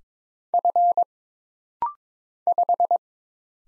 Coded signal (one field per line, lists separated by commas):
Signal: Morse code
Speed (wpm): 22 wpm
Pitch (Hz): 700 Hz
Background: none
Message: F 5